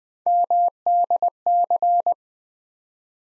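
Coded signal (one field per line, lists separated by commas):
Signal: Morse code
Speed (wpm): 20 wpm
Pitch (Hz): 700 Hz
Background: none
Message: MDC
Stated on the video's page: Morse practice of ARRL section abbreviations used in Field Day contest exchanges, 20 wpm, each sent in Morse, spoken, then sent again for head-copy.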